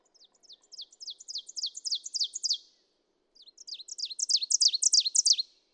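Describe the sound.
Ovenbird singing two songs in a row, each a rapid series of high, ringing double notes that grow steadily louder toward the end, separated by a brief gap.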